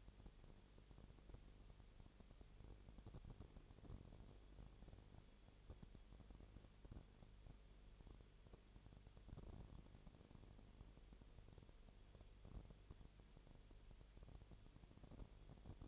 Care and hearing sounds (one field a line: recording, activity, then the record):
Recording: daily activity, microphone in the room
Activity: no activity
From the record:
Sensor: 4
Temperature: 22.7 degrees Celsius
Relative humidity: 32.0%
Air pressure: 1008.1 hPa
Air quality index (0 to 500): 113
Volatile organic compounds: 2 ppm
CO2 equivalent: 1100 ppm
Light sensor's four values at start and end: 2/3/1/1 and 2/3/1/1